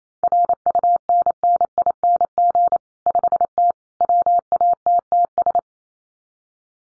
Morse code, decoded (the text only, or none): RUNNING 5T WATTS